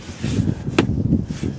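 The side latch of a 2017-2022 Honda CR-V glove box door is pushed into the dashboard until it clears the stop, and it gives a single sharp, bright click at 0.8 s over a low, steady rumble. The latch clicks back into place and is seated.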